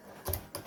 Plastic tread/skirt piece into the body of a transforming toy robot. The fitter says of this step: oh there it is and then that snapped into place perfect perfect perfect look at that okay